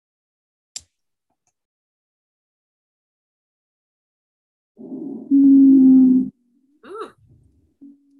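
Some wheezes heard by stethoscope in a simulated 10-year-old child with asthma and shortness of breath, who uses an inhaler almost daily and sometimes at night, with 2 exacerbations requiring steroids in the past year; heard before an albuterol treatment.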